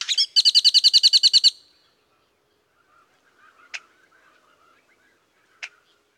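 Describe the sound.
Great-tailed grackle calling: a quick burst of about a dozen sharp, clacking notes over one and a half seconds, then two isolated loud clicks and faint scratchy sounds.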